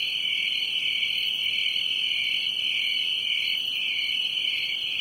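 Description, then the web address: Crickets singing together in a constant shrill buzz with gentle pulsing swells and no pauses. "Production Music SOUND EFFECTS 1 Crickets"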